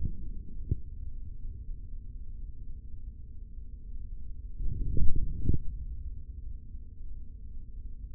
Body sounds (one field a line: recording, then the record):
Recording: forearm muscle sounds (acoustic myography)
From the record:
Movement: forearm pronation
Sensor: system 3, bracelet of six PUI Audio POM-2738L microphones around the upper forearm, with dedicated amplification and filtering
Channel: 2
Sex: male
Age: 25 years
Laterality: right